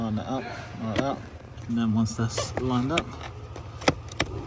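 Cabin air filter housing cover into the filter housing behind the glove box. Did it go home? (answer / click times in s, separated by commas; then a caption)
yes / 3.9 s, 4.2 s. After a new cabin air filter is inserted, the plastic cabin air filter housing cover is lined up and pushed onto the filter housing under the dashboard, behind the glove box, while someone talks. Sharp clicks at 3.9 s and 4.2 s mark the cover snapping into the housing. The cover is seated.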